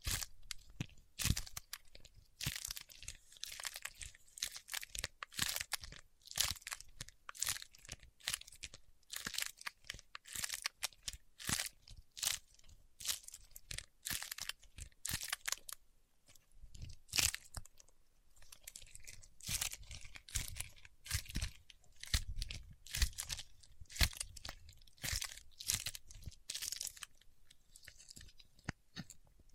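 Paraffin wax being peeled, tapped and scratched, heard as a dense run of sharp crackling snaps and crunchy bursts. The clicks come irregularly, many per second, bright and crisp, with brief quieter gaps and a few heavier crunches near the middle.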